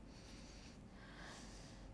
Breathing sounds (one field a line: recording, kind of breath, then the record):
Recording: one breath in and out by a microphone near the nose and mouth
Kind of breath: deep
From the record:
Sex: male